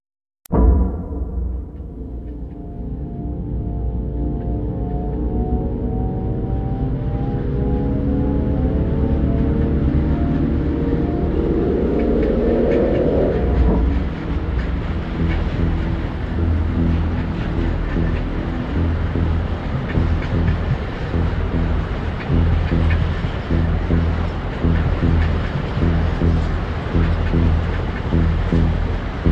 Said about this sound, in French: Aujourd'hui, deuxième épisode, il y a un train qui passe.